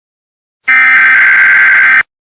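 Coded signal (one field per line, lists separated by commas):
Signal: Emergency Alert System (SAME) tones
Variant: header bursts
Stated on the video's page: Fictional homemade EAS scenario about planets disappearing.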